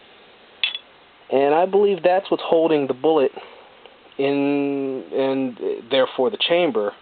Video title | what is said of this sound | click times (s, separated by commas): Springfield Armory XDs - MAJOR problem with pistol and customer service! | just pops right into place right into that little groove right down there | 0.6 s